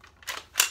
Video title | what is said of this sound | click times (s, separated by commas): Umarex MP40 Legends CO2 review | bolt locks back as you can see. | 0.6 s